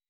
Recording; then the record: hydrophone in a shrimp aquaculture tank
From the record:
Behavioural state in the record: weakened